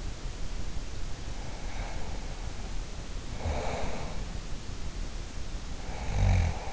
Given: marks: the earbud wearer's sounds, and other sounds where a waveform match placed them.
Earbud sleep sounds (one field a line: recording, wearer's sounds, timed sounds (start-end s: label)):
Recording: sounds in sleep by an in-ear microphone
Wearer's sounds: breath, snoring breath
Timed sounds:
0.92-4.54 s: breath
5.40-6.73 s: snoring breath